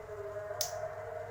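A crimping tool is pressed onto a plastic RJ45 connector fitted to a LAN cable, seating its brass contacts onto the wires. A single sharp click sounds at 0.6 s over a steady low hum, and the plug is crimped and seated.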